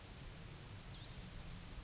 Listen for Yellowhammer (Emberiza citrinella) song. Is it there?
no